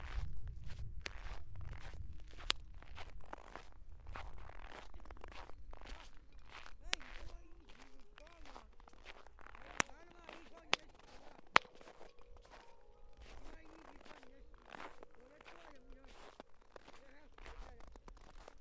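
Hard-soled shoes crunch on snow in a steady run of short steps, with a low rumble early on and a few sharp clicks.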